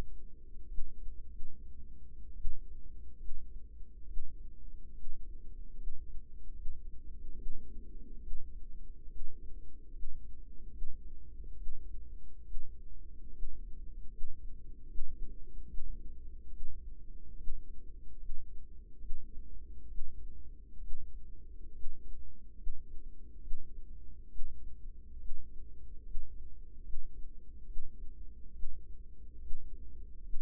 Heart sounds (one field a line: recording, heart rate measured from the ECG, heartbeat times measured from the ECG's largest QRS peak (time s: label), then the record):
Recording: heart sounds by microphone in the right ear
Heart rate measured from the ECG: 71 bpm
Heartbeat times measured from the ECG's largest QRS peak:
0.64 s: heartbeat
1.25 s: heartbeat
2.33 s: heartbeat
3.16 s: heartbeat
4.04 s: heartbeat
4.91 s: heartbeat
5.73 s: heartbeat
6.51 s: heartbeat
7.33 s: heartbeat
8.18 s: heartbeat
9.06 s: heartbeat
9.89 s: heartbeat
10.69 s: heartbeat
11.54 s: heartbeat
12.42 s: heartbeat
13.29 s: heartbeat
14.07 s: heartbeat
14.85 s: heartbeat
15.65 s: heartbeat
16.48 s: heartbeat
17.34 s: heartbeat
18.15 s: heartbeat
18.97 s: heartbeat
19.86 s: heartbeat
20.78 s: heartbeat
21.70 s: heartbeat
22.53 s: heartbeat
23.38 s: heartbeat
24.26 s: heartbeat
25.16 s: heartbeat
26.00 s: heartbeat
26.79 s: heartbeat
27.63 s: heartbeat
28.50 s: heartbeat
29.37 s: heartbeat
30.19 s: heartbeat
From the record:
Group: healthy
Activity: rest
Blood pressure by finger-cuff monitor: 117/73 mmHg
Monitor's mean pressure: 86 mmHg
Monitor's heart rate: 71 bpm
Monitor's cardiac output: 6.1 L/min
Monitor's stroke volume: 86 mL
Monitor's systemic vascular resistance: 1030 dyn s/cm5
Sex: female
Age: 22 years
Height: 171 cm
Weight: 65.6 kg